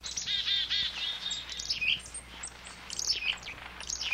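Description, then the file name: Chickadee calls: a run of harsh, buzzy dee notes, then scattered high chips and short whistles. Dated 14 December 1986. "1986-12-14 Chickadee"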